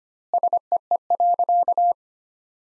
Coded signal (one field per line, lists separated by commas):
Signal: Morse code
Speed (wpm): 25 wpm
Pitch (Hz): 700 Hz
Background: none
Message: SEE.